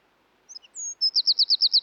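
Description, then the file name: Eurasian wren song start: faint high notes, a sustained whistle, then a rapid series of bright repeated notes. "British Library - European Wren Troglodytes troglodytes"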